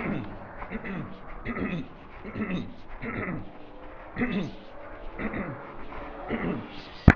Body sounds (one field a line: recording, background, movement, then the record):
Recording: throat clearing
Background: traffic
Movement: walking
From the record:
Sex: male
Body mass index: 22.0 kg/m2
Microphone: on the chest, facing the body